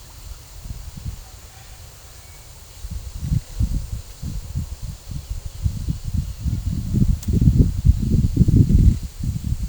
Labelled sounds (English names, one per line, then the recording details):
none
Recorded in pastures near Puerto Asís, Putumayo, Colombia, on 18 December 2024 at 15:30
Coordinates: 0.497, -76.327
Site G088